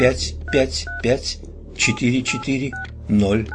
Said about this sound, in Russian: Дрожащий палец Кэти осторожно набирает номер, и мы слышим соответствующие каждой цифре номера щелчки.